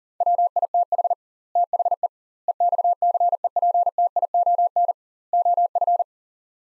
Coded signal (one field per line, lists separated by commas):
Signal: Morse code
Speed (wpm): 37 wpm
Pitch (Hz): 700 Hz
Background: none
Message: WITH THE EXCEPTION OF